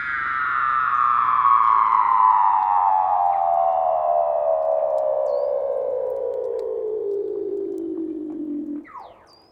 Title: Douglas Quin - Weddell Seals (Underwater)